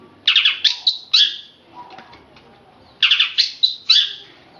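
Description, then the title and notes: Oriental magpie-robin giving two brisk phrases of rich whistles and a slurred ending note, with a quiet gap between them. Chirping. "Kicau Kacer. manukmanukan"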